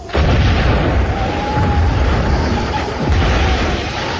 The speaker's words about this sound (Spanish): La sorda explosión confirma los peores miedos.